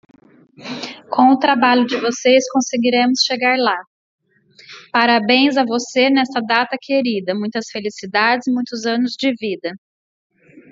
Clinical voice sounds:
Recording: short text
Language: Brazilian Portuguese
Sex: female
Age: 40 to 49 years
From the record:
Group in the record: control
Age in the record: 41 years

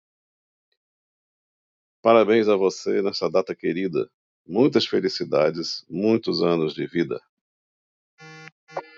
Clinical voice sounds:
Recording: short text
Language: Brazilian Portuguese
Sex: male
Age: 60 to 69 years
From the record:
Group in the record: control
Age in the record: 66 years

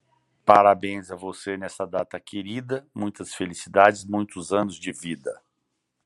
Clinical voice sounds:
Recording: short text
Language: Brazilian Portuguese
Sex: male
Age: 50 to 59 years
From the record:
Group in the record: control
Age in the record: 56 years

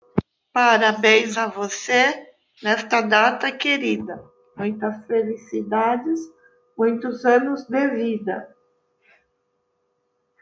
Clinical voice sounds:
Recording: short text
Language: Brazilian Portuguese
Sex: female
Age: 60 to 69 years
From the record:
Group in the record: control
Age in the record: 62 years

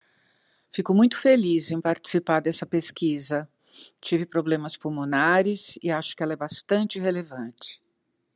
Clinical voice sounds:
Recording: spoken sentence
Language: Brazilian Portuguese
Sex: female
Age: 70 to 79 years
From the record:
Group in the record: control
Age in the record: 72 years

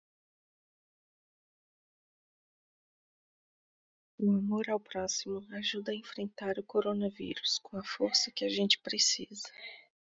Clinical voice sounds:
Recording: spoken sentence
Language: Brazilian Portuguese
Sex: female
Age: 30 to 39 years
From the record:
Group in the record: control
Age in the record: 37 years

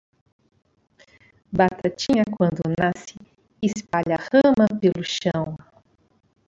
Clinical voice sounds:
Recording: short text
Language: Brazilian Portuguese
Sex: female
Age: 40 to 49 years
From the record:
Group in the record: control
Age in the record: 49 years

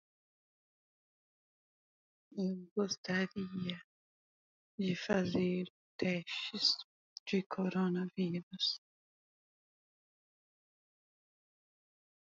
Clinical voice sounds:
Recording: spoken sentence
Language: Brazilian Portuguese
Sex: female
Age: 30 to 39 years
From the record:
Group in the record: control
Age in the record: 37 years

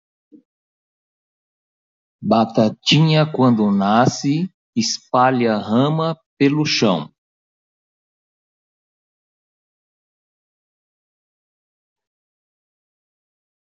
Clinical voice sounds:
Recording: short text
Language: Brazilian Portuguese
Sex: male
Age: 60 to 69 years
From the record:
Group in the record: control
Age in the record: 68 years

